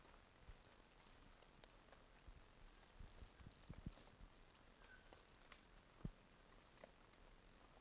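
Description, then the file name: Brachycephalus sulfuratus: three loud high chirps, then a softer run of several similar chirps, and more loud chirps at the end. Recorded at Entroncamento, Teba, in January 2020, with the frog 20 cm from the microphone. "MHNCI Brachycephalus sulfuratus Entroncamento Teba 20 cm from microphone LFR JAN-2020"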